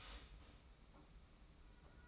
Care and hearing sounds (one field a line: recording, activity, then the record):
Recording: daily activity, microphone in the room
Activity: start toaster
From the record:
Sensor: 1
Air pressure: 991.7 hPa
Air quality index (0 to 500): 171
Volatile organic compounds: 1000 ppm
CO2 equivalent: 6464 ppm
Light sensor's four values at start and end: 32/107/41/43 and 32/107/41/43